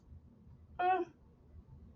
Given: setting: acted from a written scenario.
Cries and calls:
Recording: vocal sound without words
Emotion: neutral

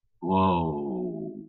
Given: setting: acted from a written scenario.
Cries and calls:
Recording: vocal sound without words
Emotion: awe

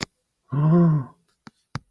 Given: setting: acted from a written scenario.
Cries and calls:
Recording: vocal sound without words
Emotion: awe

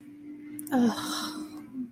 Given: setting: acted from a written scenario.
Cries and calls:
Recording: vocal sound without words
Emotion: shame

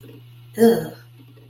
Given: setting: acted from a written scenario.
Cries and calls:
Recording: vocal sound without words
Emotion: disgust

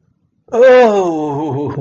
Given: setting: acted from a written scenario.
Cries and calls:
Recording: vocal sound without words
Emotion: ecstasy

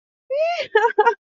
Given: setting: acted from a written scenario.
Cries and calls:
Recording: vocal sound without words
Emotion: amusement

